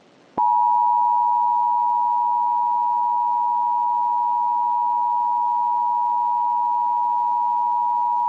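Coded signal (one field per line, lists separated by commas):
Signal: Emergency Alert System (SAME) tones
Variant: 853 and 960 Hz attention tone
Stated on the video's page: Fictional winter EAS scenario set in Unova, with alerts modeled on local weather radio stations.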